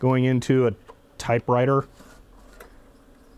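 A 5.25-inch boot disk is inserted into the floppy drive of a Xerox Memorywriter 645S typewriter, and the drive door latch is flipped shut. Someone talks first, then a short latch click sounds at 2.6 s over low background noise. The latch closes and the disk is seated.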